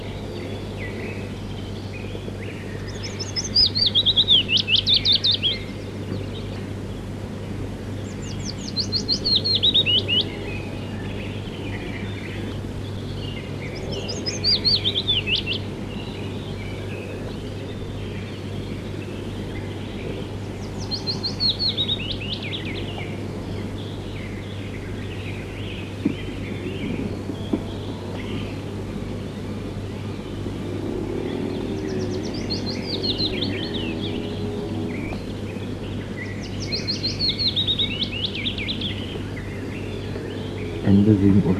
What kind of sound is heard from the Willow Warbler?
song